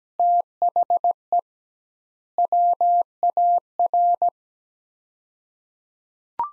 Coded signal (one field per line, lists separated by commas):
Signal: Morse code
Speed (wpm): 17 wpm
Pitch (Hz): 700 Hz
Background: none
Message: THE WAR